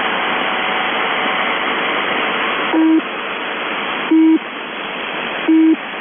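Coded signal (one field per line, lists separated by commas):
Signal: channel marker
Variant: UVB-76 (The Buzzer)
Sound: steady radio hiss, then three short low rasping buzzes roughly every second and a half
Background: radio static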